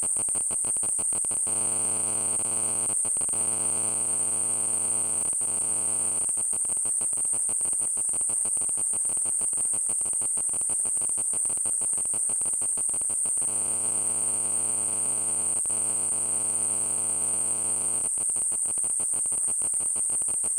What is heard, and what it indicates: Tinnitus.